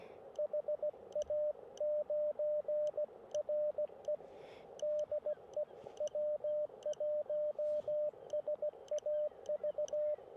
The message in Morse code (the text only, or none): HA9RE DE W1SAV